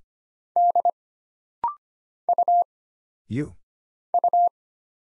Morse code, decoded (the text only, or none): D U U